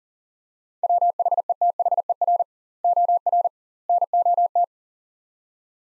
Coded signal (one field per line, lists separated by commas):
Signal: Morse code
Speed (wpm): 40 wpm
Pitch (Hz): 700 Hz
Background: none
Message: WHETHER OR NOT